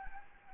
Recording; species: mosquito wingbeat signal from an infrared sensor; Anopheles gambiae